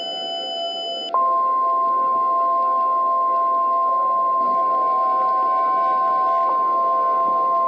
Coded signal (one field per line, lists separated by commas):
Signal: Emergency Alert System (SAME) tones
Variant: 1050 Hz attention tone